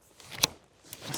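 The second folding frame arm of a Solar SP MK2 Quick-Up fishing shelter (bivvy) is bent back into its hub and clicks sharply into its locked position at 0.4 s. Fainter clicking and rustling follow near 0.9 and 1.1 s, and the arm is seated.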